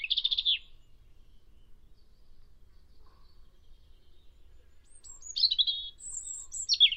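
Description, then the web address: European robin singing short high phrases: a brief warble at the start, then after a pause thin, very high descending notes and a jumbled twitter. "Deverinetal 2025"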